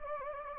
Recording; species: mosquito wingbeat signal from an infrared sensor; Anopheles gambiae